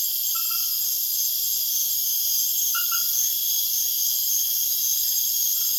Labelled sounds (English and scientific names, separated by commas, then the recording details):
none
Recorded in pastures near Puerto Asís, Putumayo, Colombia, on 30 June 2025 at 21:00
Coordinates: 0.502, -76.324
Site G010